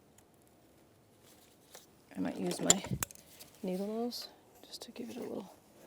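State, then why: Not seated. A plastic wiring connector is handled over the coolant temperature sensor of a 1999–2004 Jeep Grand Cherokee after being pushed down by hand, with needle-nose pliers about to give it a final push. Faint handling ticks come near the start, and then someone talks. Nothing has seated or clicked yet.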